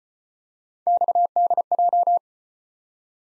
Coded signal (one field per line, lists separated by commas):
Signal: Morse code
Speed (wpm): 35 wpm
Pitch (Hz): 700 Hz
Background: none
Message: XDJ